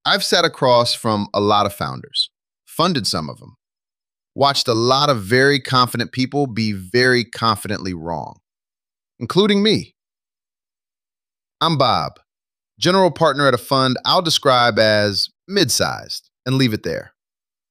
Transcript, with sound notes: I've sat across from a lot of founders. Funded some of them. Watched a lot of very confident people be very confidently wrong — including me. [pause] I'm Bob. General partner at a fund I'll describe as mid-sized and leave it there.